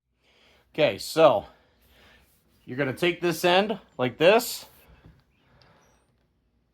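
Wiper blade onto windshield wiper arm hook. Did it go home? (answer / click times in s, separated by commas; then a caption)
no / none. Someone talks while holding the plastic adapter end of a Dodge Durango wiper blade and lining it up with the hook end of the windshield wiper arm, ready to slide it under. Only light handling sounds are heard, with two faint taps near 5.2 s and 5.6 s. Nothing has seated or clicked yet.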